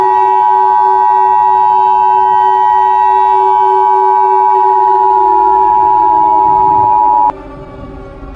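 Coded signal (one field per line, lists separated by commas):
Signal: Emergency Alert System (SAME) tones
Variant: 853 and 960 Hz attention tone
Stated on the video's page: Fictional EAS scenario about a nextbot attack, not a real alert.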